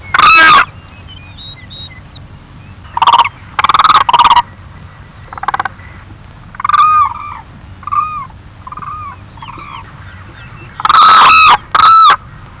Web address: anthropoides virgo